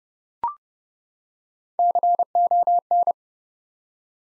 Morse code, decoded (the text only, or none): CON